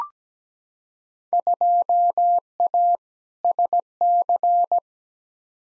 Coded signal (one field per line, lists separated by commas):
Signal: Morse code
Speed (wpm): 17 wpm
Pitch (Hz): 700 Hz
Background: none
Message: 2A SC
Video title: Field Day Exchange v2 - 17wpm